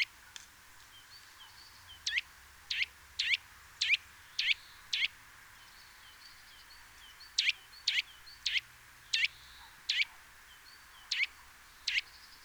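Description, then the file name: Eurasian nuthatch calls, sharp single notes repeated about every half second in two bursts separated by a pause, over soft background hiss. "Sitta europaea"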